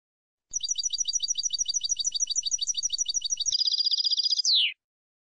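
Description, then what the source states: European goldfinch song: long rapid trill of twittering notes, switching to a denser chattering run and ending in a falling note. Clean goldfinch song on a CD for birds to copy.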